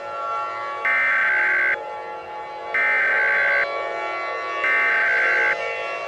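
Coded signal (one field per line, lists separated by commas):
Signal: Emergency Alert System (SAME) tones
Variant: header bursts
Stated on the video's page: Fictional EAS scenario based on The Care Bears Movie, stated to contain valid tones.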